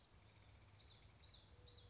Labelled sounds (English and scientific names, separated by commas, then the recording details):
Common Yellowthroat (Geothlypis trichas)
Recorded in Sonoma County, California